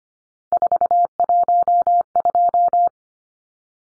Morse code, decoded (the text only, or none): 412